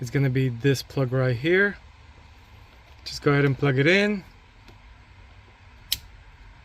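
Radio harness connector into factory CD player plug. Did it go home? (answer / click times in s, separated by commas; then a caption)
yes / 5.9 s. Someone talks while plugging the plastic radio wiring harness connector for the CD player communication lines into its mating factory CD player plug behind the dash of a 2014–2018 Sierra/Silverado during a wireless CarPlay install. After a quiet stretch, a single sharp click is heard at 5.9 s as the connector seats.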